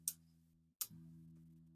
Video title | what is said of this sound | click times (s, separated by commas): Scalemaille Weave-athon Livestream 2.24.2025 | until I hear a little click do y'all want | 0.1 s, 0.8 s